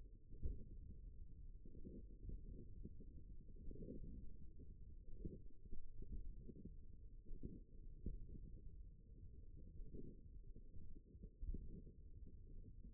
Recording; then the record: forearm muscle sounds (acoustic myography)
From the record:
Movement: tripod grip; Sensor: system 1, eight BSWA MPA416 microphones around the upper forearm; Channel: 7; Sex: male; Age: 54 years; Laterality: right